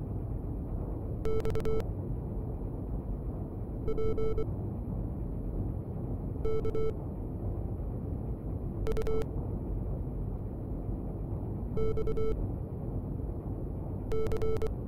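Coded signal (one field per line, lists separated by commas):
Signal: Morse code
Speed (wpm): 24 wpm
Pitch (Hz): 2200 Hz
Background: none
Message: X P K U X C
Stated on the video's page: Morse messages in a U-boat game, ciphered with an Enigma machine, as radioman training.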